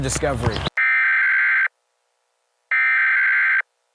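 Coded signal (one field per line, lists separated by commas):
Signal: Emergency Alert System (SAME) tones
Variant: header bursts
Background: speech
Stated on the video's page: Fictional dinosaur scenario using valid EAS tones; not a real alert.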